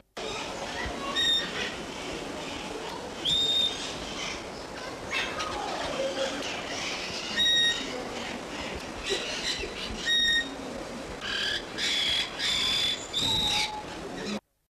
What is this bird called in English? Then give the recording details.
Black-headed Parrot. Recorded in captivity. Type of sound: call. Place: Vogelpark Walsrode, Niedersachsen, DE. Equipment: Halbspur, 9,5 cm/s. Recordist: Lütgens, Hans. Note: Rufe